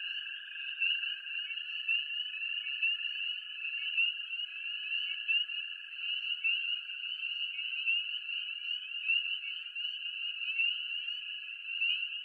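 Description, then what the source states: Spring peeper chorus, many high peeps merging into a continuous shrill ringing, unbroken throughout. Tiny forest frogs of New England, in damp margins around lakes and ponds or out in the forest; heard any time of day, noticed most at dusk.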